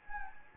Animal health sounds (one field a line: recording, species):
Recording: mosquito wingbeat signal from an infrared sensor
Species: Anopheles gambiae